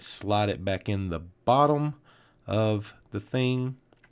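Someone talks while handling the oil drain hose of a 2020 Toro Titan lawn mower after draining the oil, slotting it back onto its tubing and sliding it into the bottom of its clip holder. Only faint small ticks are heard near 3.9 and 4.0 seconds. Nothing has seated or clicked yet: the hose has not been pushed in at the top to snap home.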